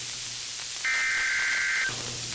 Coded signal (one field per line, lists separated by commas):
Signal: Emergency Alert System (SAME) tones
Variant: header bursts